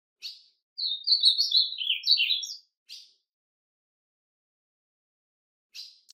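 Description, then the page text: Ultramarine grosbeak song: a warbled phrase of sweet notes lasting about two seconds, with short sharp chip notes before and after. "Azulão Bom De Canto! #azulão"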